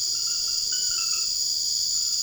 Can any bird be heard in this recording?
no